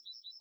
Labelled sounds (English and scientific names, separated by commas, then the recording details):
Yellowhammer (Emberiza citrinella) song
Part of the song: start
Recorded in the Czech Republic on 11 July 2013
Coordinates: 49.722, 15.558
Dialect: BC
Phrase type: A25
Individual 316537